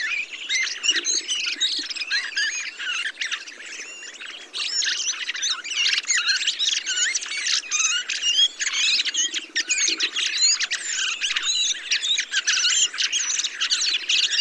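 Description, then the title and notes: Thrushes forming a near-constant babble of whistled, squeaky and chattering notes, many birds overlapping. Large mixed flock of mistle thrushes, song thrushes, redwings and fieldfares with some blackbirds feeding on abundant berries, watching together for sparrowhawk and goshawk; blue sky; Montagne du Puy, Drôme, France; 22 November 2020; Nagra recorder with Telinga parabola. "POT-POURRI DE GRIVES. 22 novembre 2020-Montagne du Puy - Drôme. Grives draine, musicienne, mauvis et litorne plus quelques merles"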